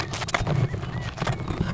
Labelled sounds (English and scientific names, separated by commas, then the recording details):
California Quail (Callipepla californica)
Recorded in Sonoma County, California